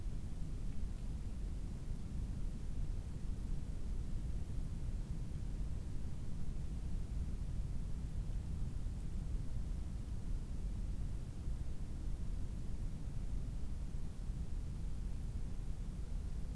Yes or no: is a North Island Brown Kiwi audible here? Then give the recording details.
no. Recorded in New Zealand on 18 October 2015. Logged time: 23:14. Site BR12